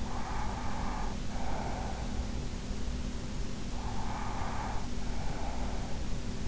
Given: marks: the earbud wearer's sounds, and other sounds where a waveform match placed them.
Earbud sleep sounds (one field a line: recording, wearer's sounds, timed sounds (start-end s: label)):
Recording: sounds in sleep by an in-ear microphone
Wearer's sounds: breath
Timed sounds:
0.00-2.27 s: breath
3.68-6.02 s: breath